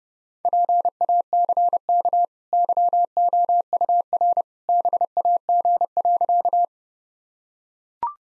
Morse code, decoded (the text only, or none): PACK YOUR BAG.